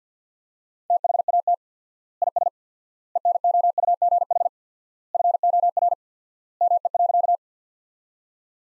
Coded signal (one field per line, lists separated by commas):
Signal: Morse code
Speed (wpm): 50 wpm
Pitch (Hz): 700 Hz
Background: none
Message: THAT IS ENOUGH FOR ME.